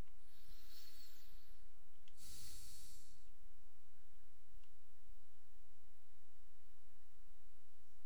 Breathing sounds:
nose breathing near a microphone
0.00-2.00 s: inhalation
2.00-3.20 s: exhalation
From the record:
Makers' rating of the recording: medium

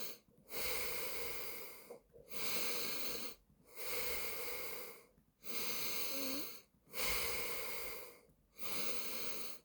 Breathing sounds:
nose breathing near a microphone
0.17-1.97 s: exhalation
1.97-3.37 s: inhalation
3.37-5.07 s: exhalation
5.07-6.62 s: inhalation
6.62-8.17 s: exhalation
8.17-9.62 s: inhalation
From the record:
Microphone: phone

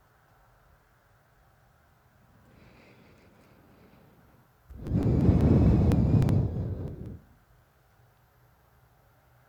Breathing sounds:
nose breathing near a microphone
2.35-4.60 s: inhalation
4.60-7.57 s: exhalation
From the record:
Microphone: phone

